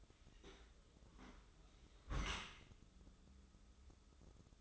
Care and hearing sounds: daily activity, microphone in the room; close dishwasher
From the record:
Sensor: 3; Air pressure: 995.8 hPa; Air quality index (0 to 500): 97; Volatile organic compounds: 14 ppm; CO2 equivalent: 2440 ppm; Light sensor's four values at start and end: 29/87/37/32 and 29/87/37/32

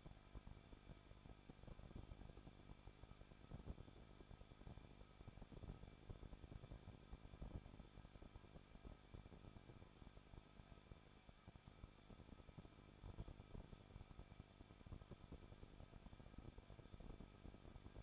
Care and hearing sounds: daily activity, microphone in the room; no activity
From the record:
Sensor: 5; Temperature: 20.9 degrees Celsius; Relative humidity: 38.1%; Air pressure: 1006.4 hPa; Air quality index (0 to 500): 187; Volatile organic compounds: 18 ppm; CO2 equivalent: 2624 ppm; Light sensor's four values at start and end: 2/3/1/1 and 2/3/1/1

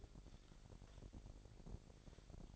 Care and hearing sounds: daily activity, microphone in the room; take from stove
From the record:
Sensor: 5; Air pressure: 1012.1 hPa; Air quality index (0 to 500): 234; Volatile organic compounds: 4 ppm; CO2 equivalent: 1553 ppm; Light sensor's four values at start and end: 50/112/49/53 and 51/117/50/53

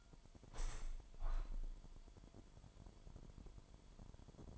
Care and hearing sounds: daily activity, microphone in the room; open window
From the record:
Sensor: 5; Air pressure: 998.7 hPa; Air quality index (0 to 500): 100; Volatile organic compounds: 2 ppm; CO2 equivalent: 1155 ppm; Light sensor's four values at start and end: 33/81/34/38 and 33/81/34/38

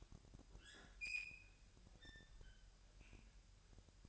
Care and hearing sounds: daily activity, microphone in the room; open fridge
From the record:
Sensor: 2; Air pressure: 1001.8 hPa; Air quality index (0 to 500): 248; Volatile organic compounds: 38 ppm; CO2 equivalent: 3123 ppm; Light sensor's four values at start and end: 8/28/11/10 and 8/28/11/10

